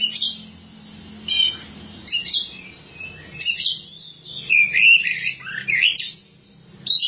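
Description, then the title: Oriental magpie-robin: songbird song in short, high, scratchy chirping phrases with pauses between, over a steady low hum. Kacer song. "Suara Kicauan Burung Kacer"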